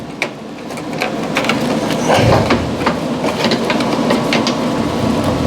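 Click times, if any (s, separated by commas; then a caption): 0.2 s. A keyed plastic wire harness plug on a Samsung washer is pushed back into its mating connector, which only goes in one way, and it clicks into place with a sharp snap at 0.2 s. Several softer clicks and knocks follow between about 1.0 and 2.5 s over a steady background noise that grows louder. The connector ends up seated.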